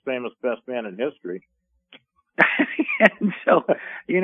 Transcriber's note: laughs